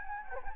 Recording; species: mosquito wingbeat signal from an infrared sensor; Anopheles gambiae